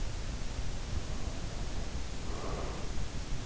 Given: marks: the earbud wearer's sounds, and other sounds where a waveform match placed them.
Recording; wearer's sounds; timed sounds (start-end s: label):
sounds in sleep by an in-ear microphone; breath
0.77-3.40 s: breath